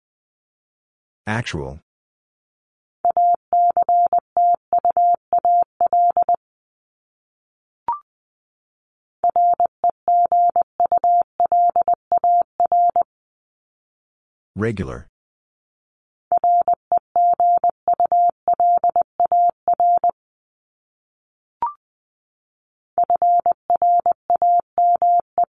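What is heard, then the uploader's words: A word sent twice in Morse code: a steady mid-pitched tone keyed into dots and dashes, each run preceded by a short noise burst and click. Top 751-1000 Words 20wpm. First, the word is sent in Morse code. Then it is spoken.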